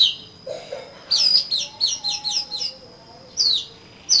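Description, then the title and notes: Oriental magpie-robin giving a quick series of repeated falling whistled notes after a soft low note, with a few more notes after a pause. "suara kacer. kumpulan suara burung kacer"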